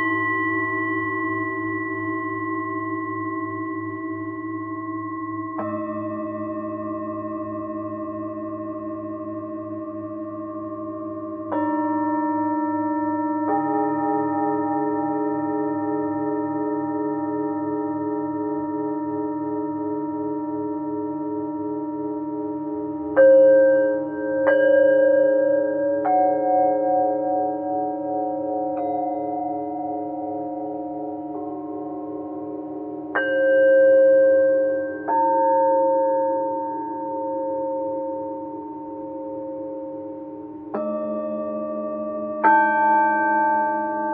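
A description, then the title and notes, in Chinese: Singing bowls sound in long, overlapping sustained tones, with new strikes every few seconds and brighter, louder strikes clustering after twenty-three seconds. 血及DNA频率321.9-528Hz丨颂钵。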